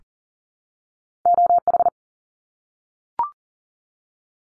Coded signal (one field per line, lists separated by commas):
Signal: Morse code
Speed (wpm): 40 wpm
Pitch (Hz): 700 Hz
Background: none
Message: OH